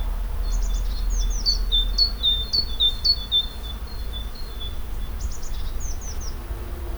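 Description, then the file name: Great tit song of rhythmic two-part whistled notes repeated in a fast series, fading toward the end before a new burst, over a low background rumble. "Parus major"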